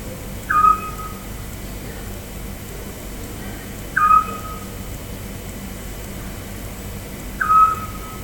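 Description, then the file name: Eurasian scops owl call, a single short whistled note repeated about every three and a half seconds, three times, over quiet background hiss. "Otus scops - Eurasian Scops Owl"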